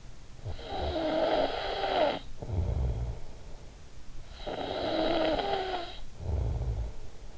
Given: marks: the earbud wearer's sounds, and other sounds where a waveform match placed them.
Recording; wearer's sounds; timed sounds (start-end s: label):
sounds in sleep by an in-ear microphone; snoring breath
0.21-3.73 s: snoring breath
4.13-7.38 s: snoring breath